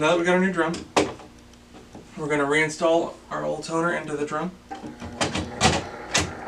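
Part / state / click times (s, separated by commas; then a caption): toner cartridge into drum unit / seated / 5.4 s. Someone talks while an old toner cartridge is pushed back into a new plastic DR520 drum unit for a Brother MFC-8860 laser printer. A short click at about 5.4 seconds marks the cartridge seating into the drum.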